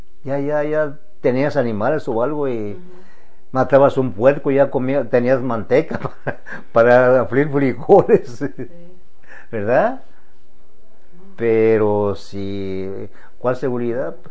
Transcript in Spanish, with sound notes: Y allá ya tenías animales o algo y matabas un puerco, ya comías, tenías manteca (risas) para freír frijoles, sí. ¿Verdad? Pero si, ¿cuál seguridad?